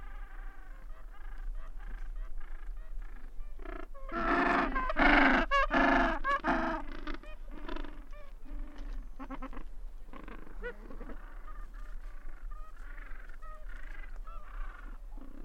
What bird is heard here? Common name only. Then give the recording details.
Gentoo Penguin. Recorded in the wild. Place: Port Lockroy (Damoy Point), Antarctica, AQ. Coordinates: -64.49, -63.29. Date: 2018-12-27. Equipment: Olympus LS-100, Sennheiser ME66. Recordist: Beaulieu, Michaël. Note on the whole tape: In Kolonie von Eselspinguinen. Brütende Vögel und kleine Küken